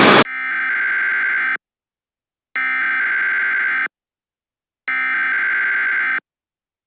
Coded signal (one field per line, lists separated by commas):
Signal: Emergency Alert System (SAME) tones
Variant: header bursts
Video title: Planetary dismission EP 1: Yellowstone Emergency. (EAS) Analog Horror